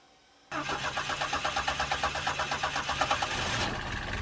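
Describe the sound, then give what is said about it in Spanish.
A car engine is started so its exhaust emissions from the tailpipe can be checked. The starter cranks with a rapid, rhythmic chugging for about three seconds, then the engine catches and settles into a steady running rumble. No one speaks. “Arranca el motor, que voy a ver la salida de gases por el tubo de escape.”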